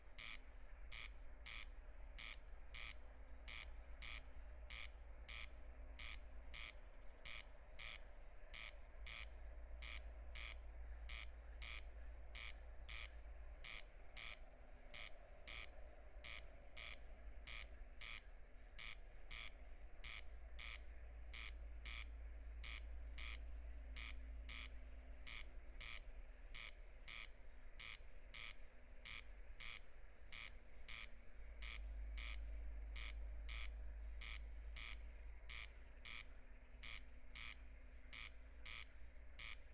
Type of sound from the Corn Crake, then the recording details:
song. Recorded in the wild. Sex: male. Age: adult. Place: Schwedt/Oder, Nationalpark Unteres Odertal, Brandenburg, DE. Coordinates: 53.04, 14.2932. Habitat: meadow. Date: 2021-06-10 23:33. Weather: 15°C, 80% humidity, almost windless. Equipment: Edirol R44, Microtech Gefell MK 250/MV220. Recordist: Frommolt, Karl-Heinz. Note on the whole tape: Polder B: calibrated recording of a corncrake. Distance 25.86 m estimated using a line array (recording